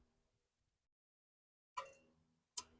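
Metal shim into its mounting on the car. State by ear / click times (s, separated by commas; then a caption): seated / 2.6 s. While shims are being added on a 2002 Honda Civic, a metal shim is pressed home into its mounting on the car. After near silence, a sharp tap sounds at 1.8 s and rings briefly, then a louder, crisp click at 2.6 s as the shim seats into place.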